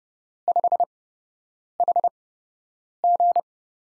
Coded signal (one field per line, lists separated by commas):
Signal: Morse code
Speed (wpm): 30 wpm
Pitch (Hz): 700 Hz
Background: none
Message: 5HG